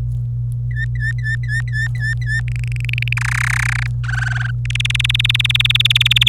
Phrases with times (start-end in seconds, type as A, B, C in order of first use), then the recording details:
0.70-2.40 A, 2.48-3.13 B, 3.17-3.87 C, 4.04-4.51 D, 4.65-6.29 E. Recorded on 26 April 2018 at 12:50. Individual llb3